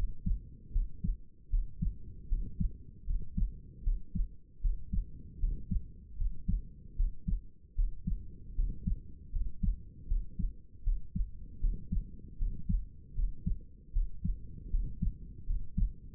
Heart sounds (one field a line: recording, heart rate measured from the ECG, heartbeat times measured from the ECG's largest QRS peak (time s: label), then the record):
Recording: heart sounds by stethoscope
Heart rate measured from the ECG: 77 bpm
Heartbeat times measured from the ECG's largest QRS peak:
0.71 s: heartbeat
1.49 s: heartbeat
2.28 s: heartbeat
3.05 s: heartbeat
3.83 s: heartbeat
4.60 s: heartbeat
5.39 s: heartbeat
6.16 s: heartbeat
6.95 s: heartbeat
7.74 s: heartbeat
8.55 s: heartbeat
9.31 s: heartbeat
10.07 s: heartbeat
10.83 s: heartbeat
11.60 s: heartbeat
12.37 s: heartbeat
13.14 s: heartbeat
13.92 s: heartbeat
14.70 s: heartbeat
15.46 s: heartbeat
From the record:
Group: healthy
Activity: rest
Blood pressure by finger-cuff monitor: 108/77 mmHg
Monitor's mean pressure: 83 mmHg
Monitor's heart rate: 77 bpm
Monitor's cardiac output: 6 L/min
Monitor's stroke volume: 78 mL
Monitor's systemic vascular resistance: 1010 dyn s/cm5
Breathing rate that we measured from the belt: 19 breaths a minute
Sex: male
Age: 35 years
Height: 180 cm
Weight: 86.9 kg